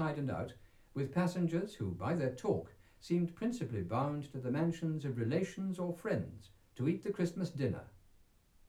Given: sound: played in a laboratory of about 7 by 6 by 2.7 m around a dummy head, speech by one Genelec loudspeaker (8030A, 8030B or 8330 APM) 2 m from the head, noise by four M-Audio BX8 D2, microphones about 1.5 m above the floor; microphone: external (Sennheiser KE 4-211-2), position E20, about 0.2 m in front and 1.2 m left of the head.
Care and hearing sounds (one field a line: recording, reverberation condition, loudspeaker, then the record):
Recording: male speech in English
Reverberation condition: low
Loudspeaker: 60 degrees to the right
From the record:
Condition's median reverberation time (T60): about 310 ms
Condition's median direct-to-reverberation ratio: about 3.5 dB